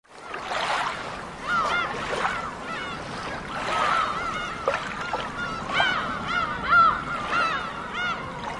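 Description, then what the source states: Seagull: gulls calling in a noisy flock, many overlapping mewing and yelping calls over steady rushing surf. Recorded with waves.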